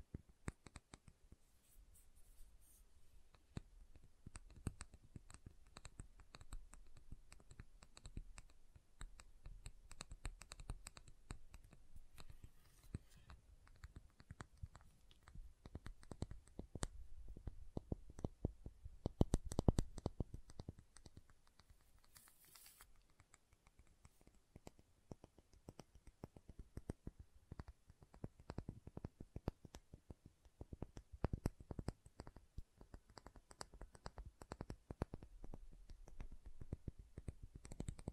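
Tapping and carving on a bar of soap, made of dense, irregular clicks and scrapes that continue for the whole clip. Soft taps alternate with sharper knocks, and a louder, busier cluster arrives around twenty seconds. Brief quiet gaps fall between bursts.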